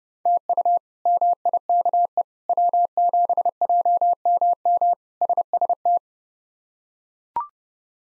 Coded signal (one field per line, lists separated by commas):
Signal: Morse code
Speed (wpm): 30 wpm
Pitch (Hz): 700 Hz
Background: none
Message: TU MIKE W7JMM SST